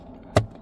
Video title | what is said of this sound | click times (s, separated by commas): 2021 - 2026 CHEVY TRAILBLAZER Cabin Air filter Replacement - How To Change Replace Chevrolet DIY | It just snaps into place. | 0.4 s